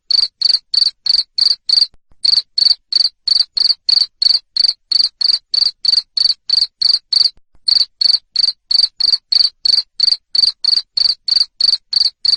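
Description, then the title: Cricket giving a steady run of sharp, high chirps roughly three each second, broken by two short pauses. Loud cricket chirping used to stimulate lovebirds to sing continuously. "Suara JANGKRIK NGERIK Keras Bikin LOVEBIRD Jadi NGEKEK Terus Vubey"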